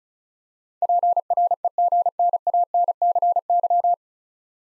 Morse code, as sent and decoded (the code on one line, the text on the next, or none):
.--. .-. . --. -. .- -. -.-. -.--
PREGNANCY